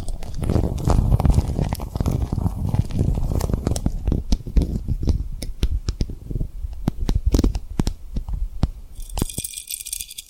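Tapping and rubbing on a rhinestone surface, with quick, irregular taps and soft scraping through the first half. Later the sound thins into sharper, sparser clicks, and near the end a thin, high hiss comes in over a few faint taps.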